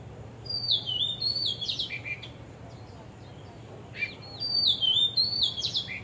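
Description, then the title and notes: Bird song with bright falling whistles and quick chirps in two bursts, a low background hum underneath. Birds singing vigorously at Wu Kai Sha, Hong Kong, 15 December 2006; recorded with AKG condenser microphones in XY stereo. "香港 烏溪沙 雀鳥勁唱歌 Date: 15 December 2006"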